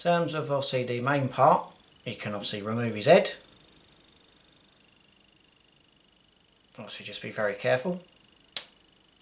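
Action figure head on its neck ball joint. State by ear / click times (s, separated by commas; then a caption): released / 8.6 s. Someone talks while the plastic head of a Cobb Vanth (Mandalorian Armor) Vintage Collection action figure is pulled off its ball-joint neck peg. A sharp, short pop sounds at 8.6 s as the head comes free and is released.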